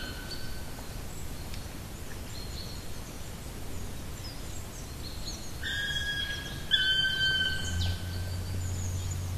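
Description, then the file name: Black woodpecker uttering a pair of drawn-out, level, ringing calls late on, with a low hum at the end. "patrick franke-schwarzspecht-black woodpecker-dryocopus martius"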